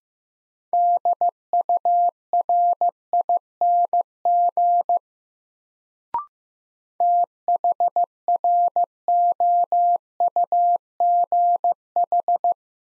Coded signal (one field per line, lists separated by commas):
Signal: Morse code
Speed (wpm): 15 wpm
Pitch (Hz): 700 Hz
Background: none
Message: DURING THROUGH